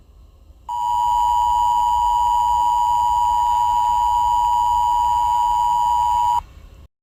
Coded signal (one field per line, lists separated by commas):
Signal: Emergency Alert System (SAME) tones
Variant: 853 and 960 Hz attention tone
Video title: EAS SCENARIO 7: Candle Queen Invasion